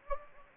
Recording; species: mosquito wingbeat signal from an infrared sensor; Anopheles gambiae